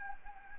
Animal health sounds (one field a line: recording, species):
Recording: mosquito wingbeat signal from an infrared sensor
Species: Anopheles gambiae